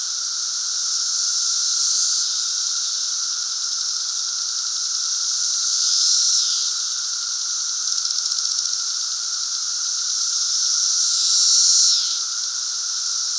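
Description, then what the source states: Cicada chorus, continuous high-pitched buzzing with three rising and falling swells and a brief ticking rattle in the middle. Cicadas at Lincoln's Cabin.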